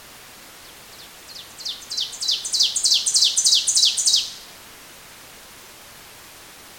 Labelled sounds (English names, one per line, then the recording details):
Ovenbird song
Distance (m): 5 m
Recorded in boreal forest in Alberta, Canada, on 29 June 2016 at 05:16
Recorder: SongMeter 3, array SBT-6-79
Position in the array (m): 283 m, 40 m
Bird 39